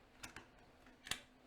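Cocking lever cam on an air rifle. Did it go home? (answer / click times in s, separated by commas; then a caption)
yes / 1.1 s. The cocking lever of an air rifle is closed a second time, giving a few light clicks and ticks early on. At 1.1 s the cam locks all the way closed with a sharp, bright click, and the lever is fully shut and seated.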